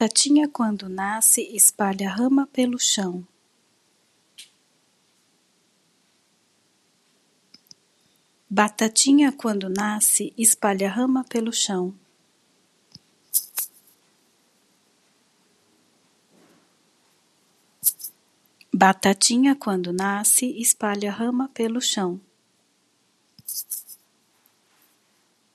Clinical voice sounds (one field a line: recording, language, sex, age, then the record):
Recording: short text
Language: Brazilian Portuguese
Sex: female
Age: 40 to 49 years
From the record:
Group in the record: control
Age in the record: 47 years